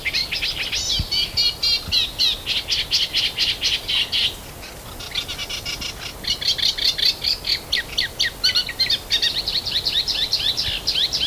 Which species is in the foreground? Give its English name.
Eurasian Reed Warbler